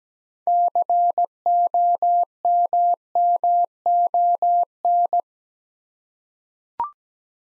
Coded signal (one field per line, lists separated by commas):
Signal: Morse code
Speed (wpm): 17 wpm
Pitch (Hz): 700 Hz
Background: none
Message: COMMON